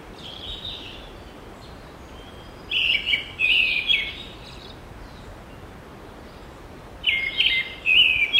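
Bird song in two bursts of quick warbled, chirping phrases around three and seven seconds, separated by quiet stretches over a steady hiss of background noise.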